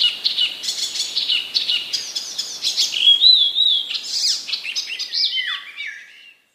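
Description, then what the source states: Icterine warbler singing a long, fast, unbroken run of mixed chirps, clear whistles and harsh notes before fading out near the end. Recorded in 2015.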